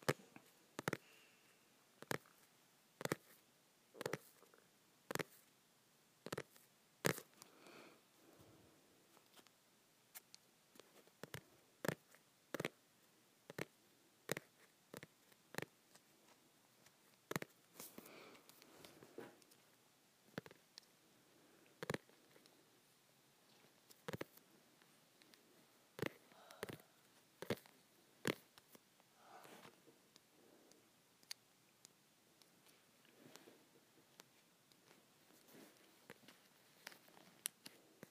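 Tapping on softcover books: sharp, dry taps arrive at an uneven but steady pace, roughly one or two per second, across the whole stretch. Between them are softer rustles and brushing sounds, with a faint hiss underneath and no low rumble.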